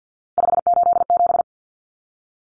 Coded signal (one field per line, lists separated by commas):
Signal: Morse code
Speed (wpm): 50 wpm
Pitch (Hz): 700 Hz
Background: none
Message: 587